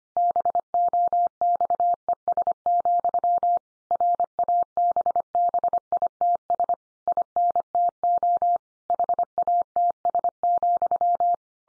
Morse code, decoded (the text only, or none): BOXES, RABBITS INTO HATS,